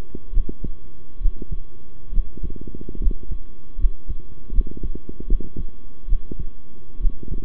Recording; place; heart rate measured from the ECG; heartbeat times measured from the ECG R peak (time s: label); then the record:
heart sounds by stethoscope; between the tricuspid and mitral areas; 72 bpm
0.32 s: heartbeat
1.20 s: heartbeat
2.11 s: heartbeat
2.99 s: heartbeat
3.77 s: heartbeat
4.52 s: heartbeat
5.27 s: heartbeat
6.07 s: heartbeat
6.99 s: heartbeat
From the record:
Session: rest, sitting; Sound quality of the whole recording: good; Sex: male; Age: 23 years